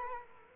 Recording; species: mosquito wingbeat signal from an infrared sensor; Culex quinquefasciatus